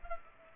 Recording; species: mosquito wingbeat signal from an infrared sensor; Culex pipiens